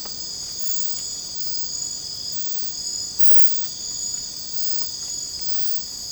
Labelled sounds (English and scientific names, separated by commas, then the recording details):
none
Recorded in secondary vegetation near Puerto Asís, Putumayo, Colombia, on 20 December 2024 at 00:00
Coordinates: 0.499, -76.323
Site G010